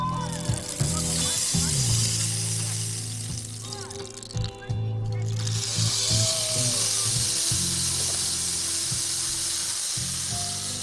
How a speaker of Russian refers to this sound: Из геркулесовой травы, да? Ух, из борщи. Ну, борщи, геркулесовая трава. Вот. И я могу сразу представить его? Да. Это удивительный посох дождя с удивительным целительным звучанием.